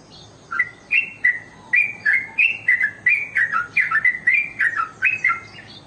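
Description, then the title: Oriental magpie-robin singing: rapid varied whistled phrases, some sliding up and some dropping, delivered in a brisk, steady rhythm. "Kicau Kacer"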